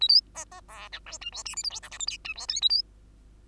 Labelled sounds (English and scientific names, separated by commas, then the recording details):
Bengalese Finch (Lonchura striata domestica) song
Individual Bird2